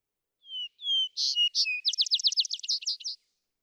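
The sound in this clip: Vesper sparrow song: two slow whistles, a pair of rough buzzy notes, then a quick series of ringing slurred notes, clean background.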